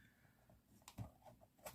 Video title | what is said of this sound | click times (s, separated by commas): 🥰FANSELLS PARTENARIAT😉Je termine la calendrier 2026 DP🥰 #fansells #diamondpainting #diy | Ça s'enclenche tout seul. | 0.9 s